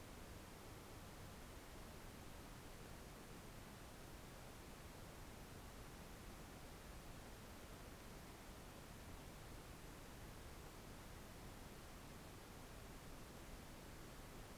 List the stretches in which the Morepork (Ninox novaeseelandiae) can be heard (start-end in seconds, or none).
none